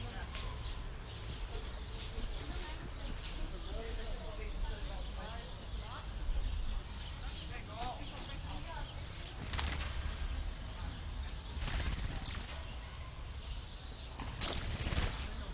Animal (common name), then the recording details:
Papuan Lorikeet. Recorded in captivity. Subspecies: stellae. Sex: pair. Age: adult. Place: Zoo Halle, Sachsen-Anhalt, DE. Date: 1998-04-16 16:03. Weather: bedeckt, ca. 12°C. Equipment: Sony MD-WM MZ-R3, Sennheiser MKH 416 T, Kopie Uher 4000 Report Monitor. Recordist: Tembrock, Günter. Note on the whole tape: Stella-Papua-Lori (C.p.stellae): Paar, diverse Lautformen (sehr hohe Kurzlaute), Entfernung 2 bis 3 m